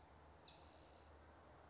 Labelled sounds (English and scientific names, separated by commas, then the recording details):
Spotted Towhee (Pipilo maculatus)
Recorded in Sonoma County, California